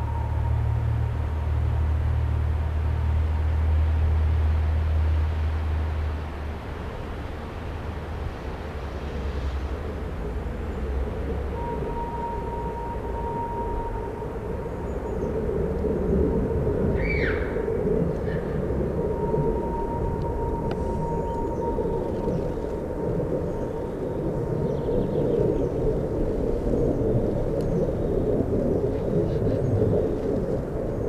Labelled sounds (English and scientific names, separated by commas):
European Green Woodpecker (Picus viridis) song